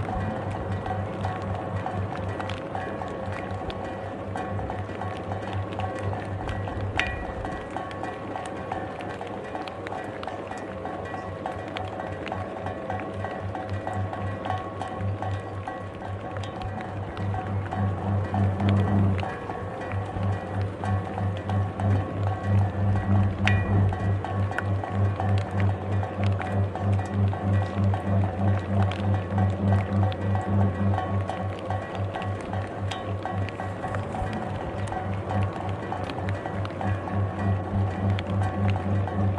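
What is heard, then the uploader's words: A pottery wheel hums with a steady low drone and a dense, even patter over it, like rain ticking on hard surfaces. The hum swells and grows louder around the nineteen-second mark and stays fuller to the end, with a few sharp clinks near seven and twenty-four seconds. Pottery wheel w/ rain dinging on ceramics.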